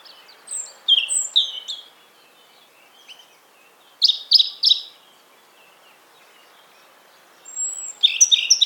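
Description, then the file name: European robin song: three bursts of thin, high whistled and trilled phrases, each about a second long, separated by quiet pauses. "Erithacus rubecula"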